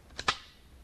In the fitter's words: der reihenfolge rückwärts wieder aufsetzen und ins gerät einrasten lassen